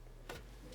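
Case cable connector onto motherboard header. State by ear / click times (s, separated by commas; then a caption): seated / 0.3 s. A front-panel case cable connector is lined up with the notch on a motherboard pin header and pushed in straight, seating with a single short click at 0.3 seconds over a low steady hum. The connector is confirmed clicked into place.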